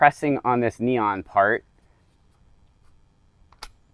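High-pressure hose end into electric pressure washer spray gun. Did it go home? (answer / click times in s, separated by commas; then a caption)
yes / 3.6 s. Someone talks while the plastic-sheathed high-pressure hose end is pushed all the way into the quick-connect fitting on the spray gun of a Ryobi 1800 PSI 1.2 GPM electric pressure washer, with the neon release part pressed. After a quiet pause, a faint tick is followed by a sharp little click at 3.6 s as the hose seats in the gun. The locking collar is then twisted.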